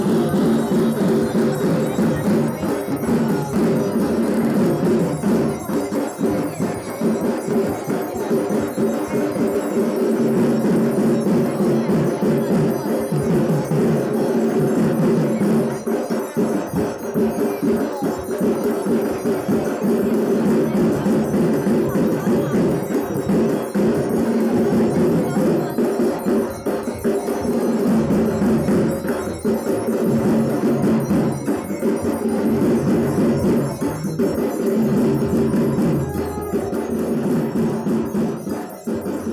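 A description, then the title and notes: A festival soundscape at a Durga Puja gathering, loud and unbroken for the whole stretch. Ringing, bell-like metallic tones hold steady in the low middle while dense, rapid beats pulse through, with faint voices mixed into the crowded din. Durga Pujo Soundscape. This piece was initially created to supplement an ethnographic study of Durga Pujo celebrations in New Delhi. Rather than simply presenting the field recordings as they are, they have been edited and compiled in such a way that they flow from one to the other.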